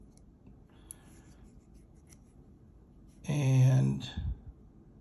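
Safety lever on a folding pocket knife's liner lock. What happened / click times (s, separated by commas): The knife's lock safety pulled back with a click / 0.9 s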